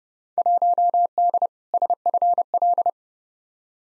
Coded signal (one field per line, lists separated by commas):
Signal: Morse code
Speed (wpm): 30 wpm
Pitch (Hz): 700 Hz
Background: none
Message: 1D SFL